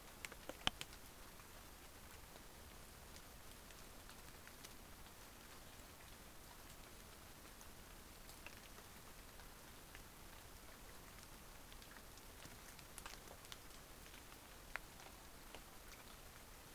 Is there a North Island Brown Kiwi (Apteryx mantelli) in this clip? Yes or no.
no